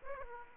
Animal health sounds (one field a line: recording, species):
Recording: mosquito wingbeat signal from an infrared sensor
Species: Aedes aegypti